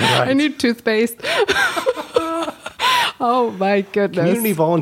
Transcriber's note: chuckle